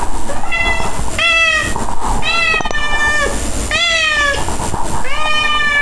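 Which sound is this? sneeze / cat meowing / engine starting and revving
cat meowing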